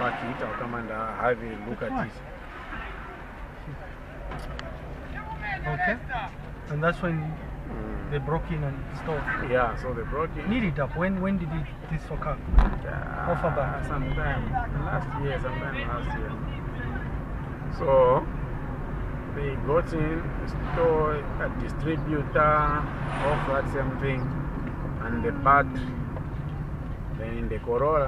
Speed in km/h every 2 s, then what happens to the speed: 0, 7, 13, 16, 21, 19, 19, 26, 28, 31, 34, 35, 33, 24.
0-8 pulls away to 21. 12-21 speeds up to 35. 21-28 slows to 24.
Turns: none.